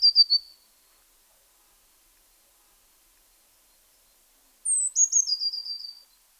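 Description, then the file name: Eurasian blue tit: the tail of one trill at the start, then after a long quiet pause a full phrase of high thin notes running into a quick descending trill. "Cyanistes caeruleus"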